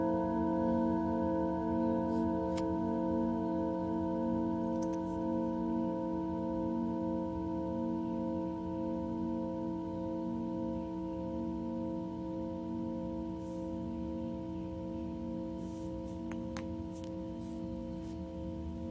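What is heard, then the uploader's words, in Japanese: A singing bowl rings in a long, sustained drone, its layered tones holding steady with a slow, regular pulsing wobble throughout. A low rumbling hum sits underneath, and a few faint short clicks and rustles appear around 2, 5, 13 and 16 seconds. メキシコから シンギングボウルのサウンドヒーリング ライブ。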